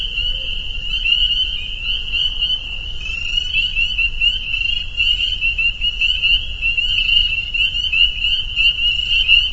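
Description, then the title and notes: Spring peepers calling in a dense chorus, countless high piping peeps merging into a continuous shrill band. Soundscape of a spring peeper chorus at a pond on friends' property in northern Vermont. "Peepers. a soundscape recorded at the peeper pond on our friends' property in northern Vermont"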